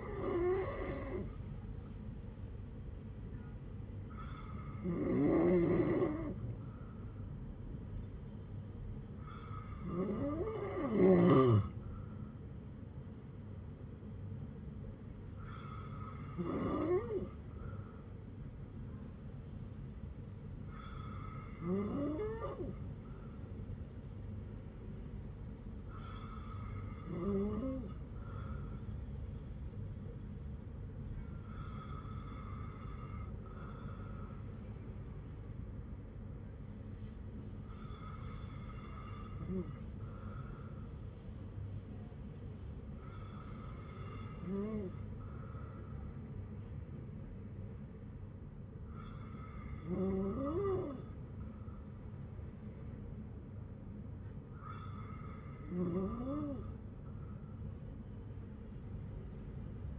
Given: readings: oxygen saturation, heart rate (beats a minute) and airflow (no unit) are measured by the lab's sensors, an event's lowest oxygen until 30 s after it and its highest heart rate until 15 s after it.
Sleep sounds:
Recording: breathing in sleep by a smartphone at the bedside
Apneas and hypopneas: none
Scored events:
none scored
From the record:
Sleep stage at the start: N2 (light sleep)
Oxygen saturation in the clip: 93 to 95%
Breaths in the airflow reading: 12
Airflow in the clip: -6.2 to 5.0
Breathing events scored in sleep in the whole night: 182 in 7.4 hours asleep

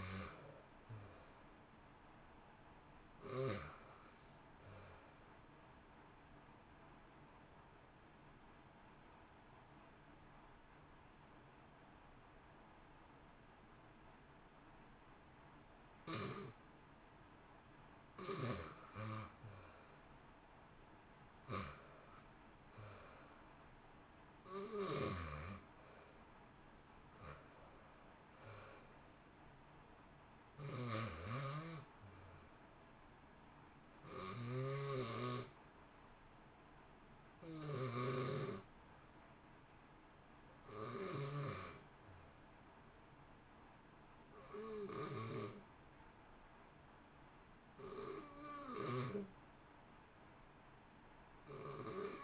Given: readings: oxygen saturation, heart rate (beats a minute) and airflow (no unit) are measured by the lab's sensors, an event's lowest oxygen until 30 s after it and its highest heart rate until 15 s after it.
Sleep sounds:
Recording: breathing in sleep by a voice recorder at the bedside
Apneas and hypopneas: 2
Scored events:
4.00-16.70 s: hypopnea (REM, oxygen 93% highest, then 88% lowest, heart rate 60 at the start, 66 highest)
36.00-46.90 s: hypopnea (REM, oxygen 94% highest, then 90% lowest, heart rate 62 at the start, 62 highest)
From the record:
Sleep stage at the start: REM sleep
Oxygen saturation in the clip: 88 to 94%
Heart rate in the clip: 55 to 66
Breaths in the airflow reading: 17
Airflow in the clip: -1.2 to 1.9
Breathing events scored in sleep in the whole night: 328 in 6.3 hours asleep

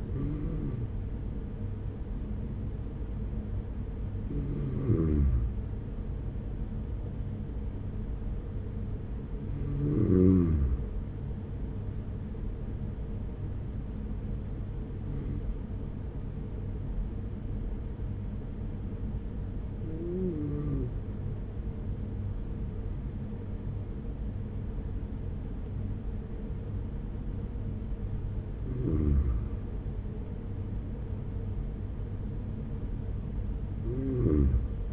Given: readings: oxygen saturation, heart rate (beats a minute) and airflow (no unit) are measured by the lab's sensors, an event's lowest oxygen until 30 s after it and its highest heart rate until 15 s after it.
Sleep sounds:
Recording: breathing in sleep by a smartphone at the bedside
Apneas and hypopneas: none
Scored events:
none scored
From the record:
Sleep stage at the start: N2 (light sleep)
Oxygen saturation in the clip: 93 to 94%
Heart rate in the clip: 42 to 47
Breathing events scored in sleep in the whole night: 210 in 6.9 hours asleep

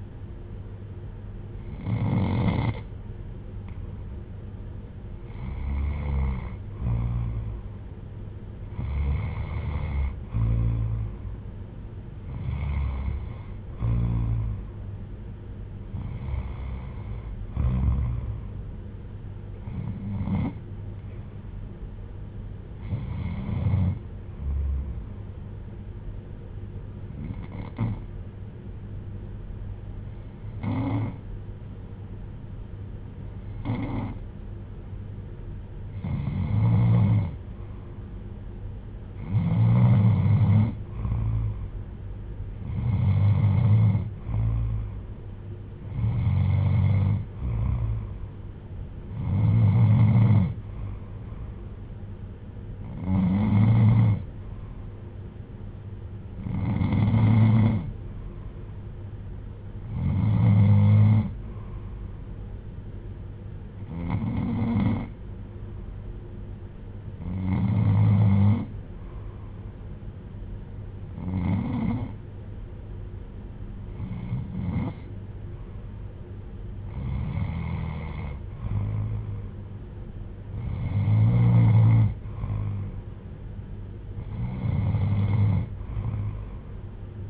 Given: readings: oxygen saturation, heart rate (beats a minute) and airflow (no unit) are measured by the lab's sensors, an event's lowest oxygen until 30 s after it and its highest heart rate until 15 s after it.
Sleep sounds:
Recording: breathing in sleep by a smartphone at the bedside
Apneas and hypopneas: 1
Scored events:
26.00-40.00 s: hypopnea (N2, oxygen 95% highest, then 91% lowest, heart rate 62 at the start, 65 highest)
From the record:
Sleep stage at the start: N2 (light sleep)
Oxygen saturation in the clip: 91 to 95%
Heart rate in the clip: 59 to 66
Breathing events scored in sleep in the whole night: 310 in 8.1 hours asleep

